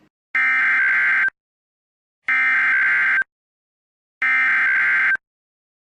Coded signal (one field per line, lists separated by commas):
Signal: Emergency Alert System (SAME) tones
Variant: header bursts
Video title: MARGINAL INSANITY 18: EL NIÑO RETURNS - EAS Alerts From 6/1/26 - 6/3/26 (EAS #5521-5556)